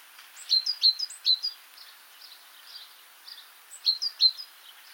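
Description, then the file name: Great tit uttering clipped, high, falling notes in two main bursts, with fainter scattered notes between them against light background hiss. "Parus major"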